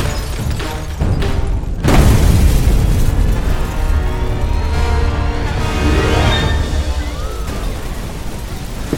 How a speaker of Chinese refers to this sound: 杂物间突然爆炸了，里面正烧着呢。不过问题不大，已经在灭火了。